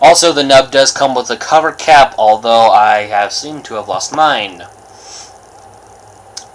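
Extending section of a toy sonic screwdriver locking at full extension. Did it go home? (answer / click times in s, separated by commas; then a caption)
yes / 6.4 s. Someone talks for most of the clip, followed by a quiet pause. The extending section of a plastic toy sonic screwdriver is pulled out to full extension, and the sliding section locks into place with a sharp, short click at 6.4 s.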